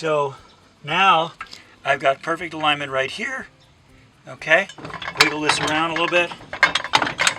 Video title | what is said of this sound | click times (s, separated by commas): Multi-Lift - Technical Details of the Multi-Lift Trailer Hitch Mount | Voila, it pops right in. | 6.9 s